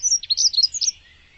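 Bird calls, a quick burst of high chirping and twittering notes lasting about a second, then quiet.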